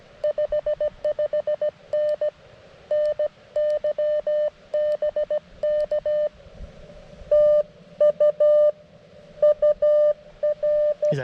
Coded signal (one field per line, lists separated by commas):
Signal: Morse code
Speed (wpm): 17 wpm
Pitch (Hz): 600 Hz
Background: none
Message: 55N NY BK TU UR